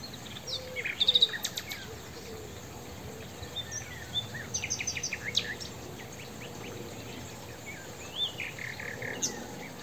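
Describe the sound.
Common nightingale delivering varied phrases of fast repeated clicks and brief whistles with gaps between, over constant hiss.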